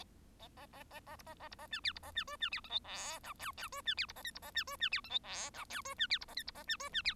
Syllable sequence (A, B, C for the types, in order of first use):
A A A A B A A B A C D B A C E C D F G H I J J E C D B A K B A C E C D F G H I J E C D B A K B A C E C D